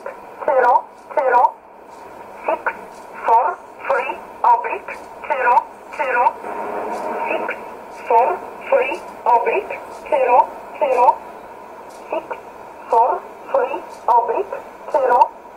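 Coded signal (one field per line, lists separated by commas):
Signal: numbers station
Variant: E11 Oblique, English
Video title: 12 06 2017 Numbers station E11 Oblique in English to Eu 0530 on 7600 in USB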